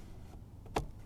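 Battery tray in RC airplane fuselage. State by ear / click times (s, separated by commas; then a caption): released / 0.8 s. A plastic battery tray is pulled out of the foam fuselage of an FMS Pitts 1400mm V2 RC biplane, sliding over small plastic retaining nubs. A faint tick comes first, then one sharp click at 0.8 s as the tray releases over the nub.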